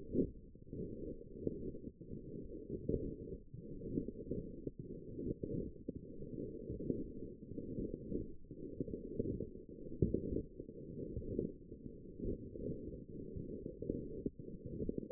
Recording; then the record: forearm muscle sounds (acoustic myography)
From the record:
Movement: forearm supination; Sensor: system 1, eight BSWA MPA416 microphones around the upper forearm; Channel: 7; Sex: female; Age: 21 years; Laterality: right